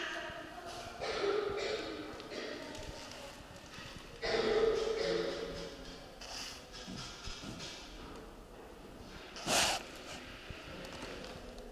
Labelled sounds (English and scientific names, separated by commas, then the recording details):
Short-beaked Echidna (Tachyglossus aculeatus) call
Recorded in captivity
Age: adult
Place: Zoo Prag, CZ
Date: 1967-09-14 12:00
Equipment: Uher 4000 Report-S, Transistorverstärker II, Sennheiser MD 421
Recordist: Tembrock, Günter